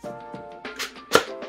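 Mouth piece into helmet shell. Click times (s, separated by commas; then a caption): 1.2 s. The second side of the plastic mouth piece on a Ruroc RG1-DX Magma XL/XXL helmet is pushed into the helmet shell over background music. It clicks home with a sharp click at 1.2 s, and the piece is seated.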